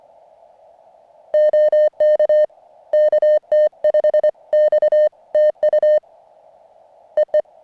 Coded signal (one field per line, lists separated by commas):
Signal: Morse code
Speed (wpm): 23 wpm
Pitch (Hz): 620 Hz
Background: none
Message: OK KT5X TU EE